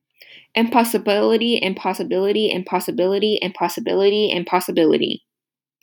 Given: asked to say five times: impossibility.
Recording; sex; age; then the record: repeated word; male; 18 to 19 years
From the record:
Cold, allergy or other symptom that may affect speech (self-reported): no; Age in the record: 19 years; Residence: United States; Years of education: 13